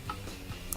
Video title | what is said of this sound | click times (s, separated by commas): How to Fix GE Top Load Washer Overfilling - Won't Stop Filling up - Model WCSR2090G9WW | As you see there, has a little tab that snaps in place and secures the pressure switch. | 0.1 s, 0.7 s